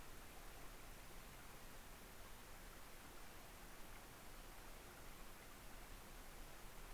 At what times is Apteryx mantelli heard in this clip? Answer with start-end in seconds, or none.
none